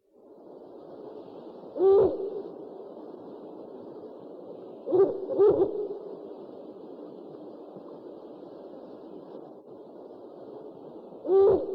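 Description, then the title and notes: Owl hooting with low notes, singly or in a close pair, over a steady soft hiss. One of 69 call variants from 11 owl species. "Sovy - Eulen - Owls. 69 variant hlasů - 11 druhů sov"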